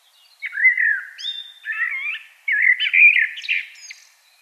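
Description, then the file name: Common blackbird song, fluting whistles followed by slurred, squeaky twittering, in linked phrases with short pauses. "Turdus merula"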